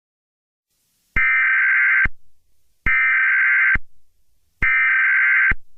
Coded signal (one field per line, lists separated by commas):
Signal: Emergency Alert System (SAME) tones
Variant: header bursts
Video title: EAS Scenario #61: SUPER GLITCH!!